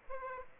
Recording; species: mosquito wingbeat signal from an infrared sensor; Aedes aegypti